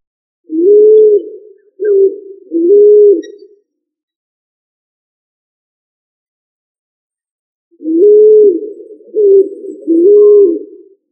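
Pigeon cooing, two bursts of three low, soft hooting notes, with a long silence between the two bursts.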